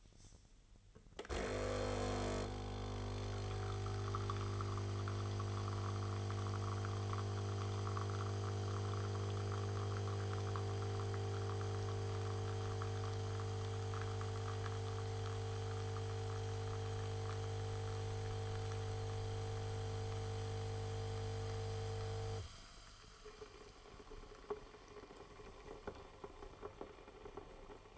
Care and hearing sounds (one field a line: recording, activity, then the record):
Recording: daily activity, microphone in the room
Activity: make coffee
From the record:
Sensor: 4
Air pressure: 989.3 hPa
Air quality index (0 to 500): 218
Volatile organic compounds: 71 ppm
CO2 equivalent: 3531 ppm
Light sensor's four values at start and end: 25/87/32/34 and 23/79/29/31